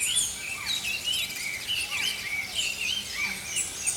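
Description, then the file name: Songbirds giving short swooping whistles and chirps against a noisy background hiss. Songbirds singing in the early morning. "Healing Power Natural Sounds Oasis - Early Morning Songbirds"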